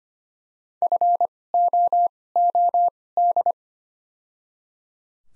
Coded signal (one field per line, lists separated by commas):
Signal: Morse code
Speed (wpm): 25 wpm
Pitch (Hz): 700 Hz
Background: none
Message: FOOD